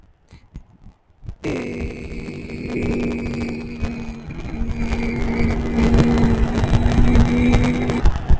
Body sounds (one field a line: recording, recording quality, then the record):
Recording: sustained vowel as in made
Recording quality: moderate, slight background noise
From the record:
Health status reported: healthy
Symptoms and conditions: none ticked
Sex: male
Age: 25 years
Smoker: not ticked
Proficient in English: yes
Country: India